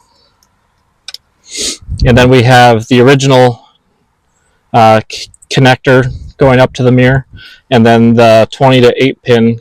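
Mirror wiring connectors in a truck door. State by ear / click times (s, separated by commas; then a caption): seated / 1.1 s. Mirror wiring harness connectors in a Ford F150 truck door are pushed together during a Boost Auto Parts tow mirror install, involving the original connector going up to the mirror and a 20-to-8 pin connector adapter. A sharp click is heard at 1.1 s as the connectors seat home. Someone then talks.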